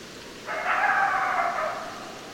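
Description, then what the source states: Coyote howl, a single drawn-out wavering cry of about a second and a half, over soft background hiss. Recorded 2012-12-10; more than one coyote.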